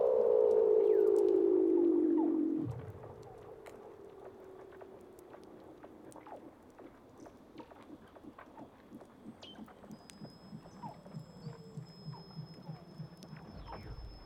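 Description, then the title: Weddell seal underwater calls: a loud descending moan that cuts off, followed by rapid regular ticking pulses and a faint high steady tone. "Douglas Quin - Weddell Seals (Underwater)"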